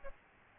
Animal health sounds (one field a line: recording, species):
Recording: mosquito wingbeat signal from an infrared sensor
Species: Aedes albopictus